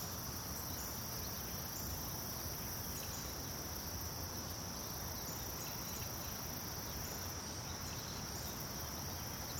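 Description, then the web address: Insect chirping as an unbroken high shrill band, constant throughout, over dense low background rumble. Daytime ambience in a residential subdivision neighborhood. "SFXBible 6 Ambience-Subdivision-Day-Birds-Insects-Neighborhood"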